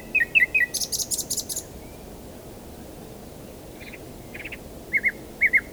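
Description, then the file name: Common nightingale song phrases: paired whistled notes, a burst of harsh high buzzy notes, then scattered short chirps after a brief gap. "Luscinia megarhynchos"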